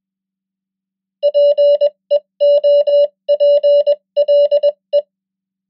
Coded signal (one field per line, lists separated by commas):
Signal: Morse code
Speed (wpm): 21 wpm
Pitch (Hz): 580 Hz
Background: none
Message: PEOPLE